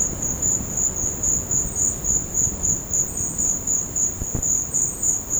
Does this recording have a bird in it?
no